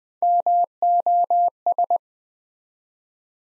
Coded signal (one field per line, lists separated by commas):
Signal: Morse code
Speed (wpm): 20 wpm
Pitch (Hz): 700 Hz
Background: none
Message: MOS